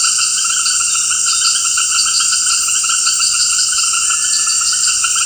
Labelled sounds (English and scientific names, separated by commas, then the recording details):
none
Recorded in dense forest near Puerto Asís, Putumayo, Colombia, on 18 February 2024 at 18:30
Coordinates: 0.472, -76.329
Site G6394